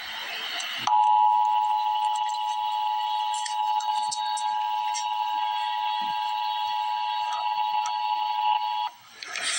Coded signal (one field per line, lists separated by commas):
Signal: Emergency Alert System (SAME) tones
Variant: 853 and 960 Hz attention tone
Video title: Emergency Alert System - Severe Thunderstorm Warning - Apr 13, 2026 at 9:17 PM EDT